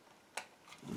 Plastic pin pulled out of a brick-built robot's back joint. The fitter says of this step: Okay, hear the click.